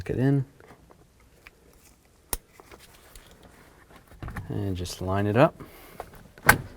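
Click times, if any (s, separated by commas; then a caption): 6.5 s. Someone talks while lining up and pushing an airbag/switch electrical connector onto the steering wheel harness connection of a 2000-2006 Chevy Tahoe during a personalized settings switch replacement. Faint ticks and handling noises are heard, including a sharp tick at 2.3 s, and then a loud sharp click at 6.5 s as the connector seats.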